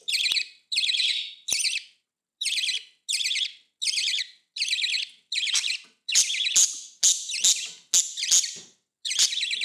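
Budgerigar calls: short warbled chirps repeated about once a second in a steady series, the later ones louder.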